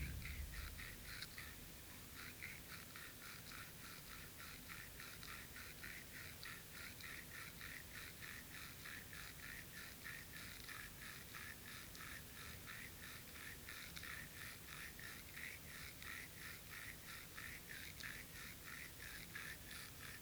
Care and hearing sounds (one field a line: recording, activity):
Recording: daily activity, guitar pickup as the sensor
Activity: brush teeth